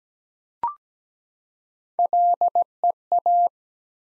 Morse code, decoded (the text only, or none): LEA